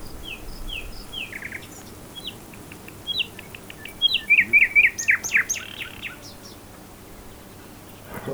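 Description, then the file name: Common nightingale song: scattered short whistles and chips, then a loud burst of fast varied notes midway, followed by quiet background. "Luscinia megarhynchos"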